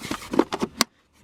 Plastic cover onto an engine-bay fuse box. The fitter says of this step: sure it clicks in both front and back after